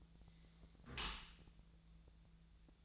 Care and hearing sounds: daily activity, microphone in the room; close dishwasher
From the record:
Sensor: 3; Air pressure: 1000.5 hPa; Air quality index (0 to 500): 173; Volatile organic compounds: 3 ppm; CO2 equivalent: 1495 ppm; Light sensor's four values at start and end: 13/36/14/16 and 13/36/14/16

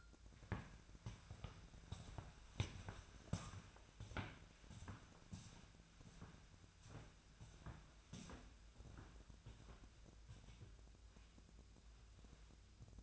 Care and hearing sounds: daily activity, microphone in the room; walk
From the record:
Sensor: 2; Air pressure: 1008.3 hPa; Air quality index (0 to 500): 180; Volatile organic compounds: 10 ppm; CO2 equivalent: 2218 ppm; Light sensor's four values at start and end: 15/36/15/16 and 15/36/15/16

